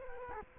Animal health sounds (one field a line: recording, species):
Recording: mosquito wingbeat signal from an infrared sensor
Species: Culex quinquefasciatus